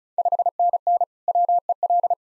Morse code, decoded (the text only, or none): 5NN WEL